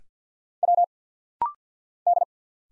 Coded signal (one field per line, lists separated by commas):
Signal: Morse code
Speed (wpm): 50 wpm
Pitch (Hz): 700 Hz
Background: none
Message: W D